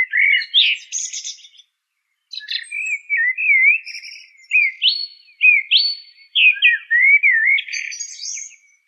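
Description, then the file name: Song thrush song: varied whistled and buzzy phrases, some rising, several repeated in quick succession, with a brief pause near the start. "suara kicauan burung song thrush. omkicau"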